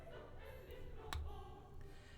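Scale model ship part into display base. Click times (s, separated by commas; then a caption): 1.1 s. A plastic part of a scale model Titanic ship is pushed into its display base and pops into place with a single sharp click at 1.1 seconds. The part is seated.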